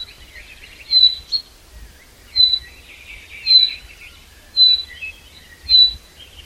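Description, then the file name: Common chaffinch giving a short, high, whistled note about once a second, with soft twittering beneath and a low rumble in the background. "Fringilla coelebs"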